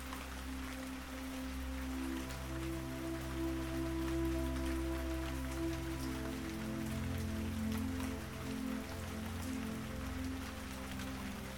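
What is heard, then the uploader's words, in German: Raindrops patter steadily on leaves, dense fine ticks over gentle sustained music with warm low tones and soft mid-range notes throughout. Sanften Klang von Regentropfen, die zart auf Blätter fallen, eintauchen lassen, begleitet von beruhigender Musik. Klang von REGENTROPFEN auf Blättern und Beruhigender MUSIK.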